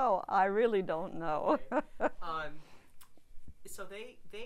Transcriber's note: she laughs